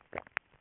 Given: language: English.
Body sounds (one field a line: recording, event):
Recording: throat vibration sensor signal played as sound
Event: swallow